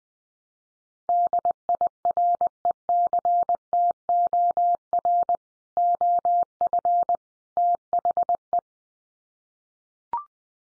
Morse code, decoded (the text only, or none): DIRECTOR OF THE